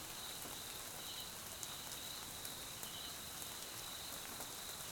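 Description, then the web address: Crickets trilling in a continuous chorus with faint pulsed bursts, mixed with steady rain patter and occasional louder drops. South African crickets recorded at night in jungle at Mkhaya, Swaziland, during rain; background ambience. "Tonschliff - SOUTH AFRICAN CRICKETS BG Swaziland Mkhaya Jungle Night Rain"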